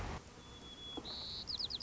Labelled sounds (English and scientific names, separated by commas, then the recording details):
White-crowned Sparrow (Zonotrichia leucophrys)
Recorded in Sonoma County, California